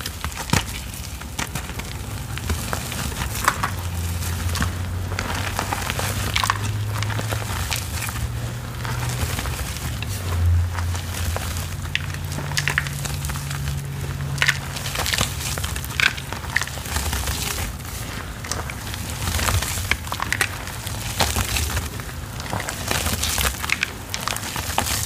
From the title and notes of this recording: Black iron oxide powder crumbled over rainbow water. Crushing gym chalk sounds, ASMR powder play, water sounds, pouring sounds.